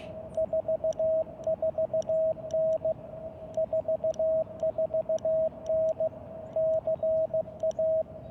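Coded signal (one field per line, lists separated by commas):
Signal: Morse code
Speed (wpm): 16 wpm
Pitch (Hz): 640 Hz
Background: radio noise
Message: 44N 44N CA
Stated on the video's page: Park activation at a state recreation area, mostly socializing.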